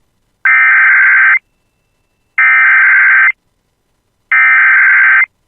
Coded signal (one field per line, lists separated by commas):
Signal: Emergency Alert System (SAME) tones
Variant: header bursts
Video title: [EAS] Tornado Warning for City of Park Rapids Minnesota [6/16/25]